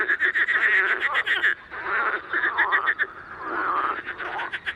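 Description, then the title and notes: Marsh frogs calling together, quick rattling pulses running in long overlapping strings. Evening recording at small Étang de Beaumont pond, 11 May 2019, rain all day, cool 14°C, frogs very active despite rain; Nagra Seven recorder, MKH40 microphone on a boom. "Soirée aux Grenouilles rieuses. 11 mai 2019-Étang de Beaumont - pluie - 14° - Nagra seven - mkh40 sur perche"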